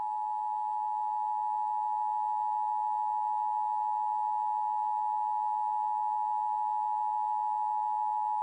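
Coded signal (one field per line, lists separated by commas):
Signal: Emergency Alert System (SAME) tones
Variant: 853 and 960 Hz attention tone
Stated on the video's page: Required monthly test for Nassau and Suffolk, New York, issued by an EAS participant, heard on WALK 97.5 FM.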